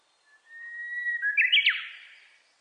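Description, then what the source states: Japanese bush warbler song: a long whistle rising slightly in pitch, then an abrupt, ringing flourish of quick notes. Recorded on 29 April 2001.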